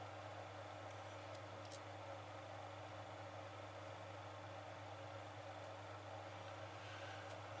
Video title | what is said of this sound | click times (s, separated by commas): DS 21 Pallas proposé par ebbro partie13 | Je comprends pas trop là, pourquoi qu'il ne va pas se clipser. | none